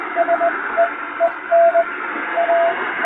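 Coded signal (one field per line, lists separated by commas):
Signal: Morse code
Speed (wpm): 22 wpm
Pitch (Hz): 680 Hz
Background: radio noise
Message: SEEN A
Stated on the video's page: Recreated shortwave Morse radiotelegram traffic as heard on a radio, with added noise and fading, for reception practice.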